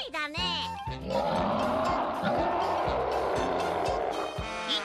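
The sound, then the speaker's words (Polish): A deep, rumbling beast roar swells and sustains for several seconds, loud and growling, with harsh pulsing low tones and brief high shrieks at the start and end. “Ryczy jak prawdziwy, co?”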